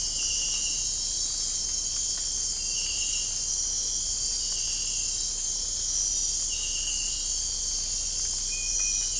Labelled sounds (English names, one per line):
none